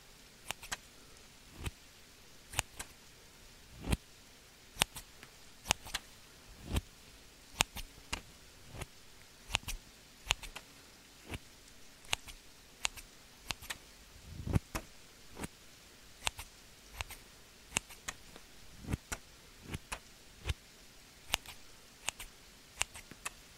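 Scissors snip in crisp, bright clicks, roughly one every second but at an uneven pace, some louder than others. Between the snips a faint, steady hiss runs underneath.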